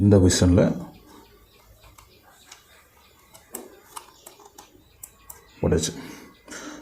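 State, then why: Seated. A SIM card and a memory card are pushed into the spring-loaded push-push slots of a 4G CCTV camera until they lock. Someone talks, then short, sharp clicks are heard at 3.6 s and 5.0 s among a few softer ticks, and both cards are seated and locked.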